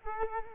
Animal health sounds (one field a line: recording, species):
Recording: mosquito wingbeat signal from an infrared sensor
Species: Culex quinquefasciatus